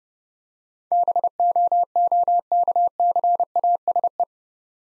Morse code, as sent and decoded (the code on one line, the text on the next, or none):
-... --- --- -.- -.-. .- ... .
BOOKCASE